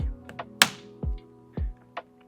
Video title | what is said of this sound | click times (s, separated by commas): How to mount Rottefella SkateX MOVE Pro to skis with Rottefella Adaptive Plate (RAP) | until you hear a click. | 0.6 s